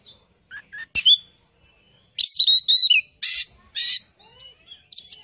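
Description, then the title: Bird song with soft whistled notes, then loud warbling phrases and rough buzzy bursts, plus a sharp click near the first second. "Kicau Burung Yoi"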